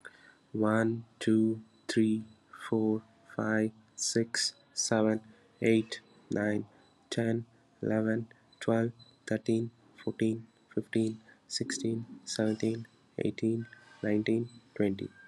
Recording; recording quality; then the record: counting at a normal pace; excellent, no background noise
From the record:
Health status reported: COVID-19 positive, mild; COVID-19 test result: positive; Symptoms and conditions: sore throat, fever, fatigue, muscle pain, loss of smell and taste, diarrhoea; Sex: male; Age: 35 years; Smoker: not ticked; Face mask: not worn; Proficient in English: yes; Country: India